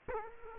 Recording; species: mosquito wingbeat signal from an infrared sensor; Culex quinquefasciatus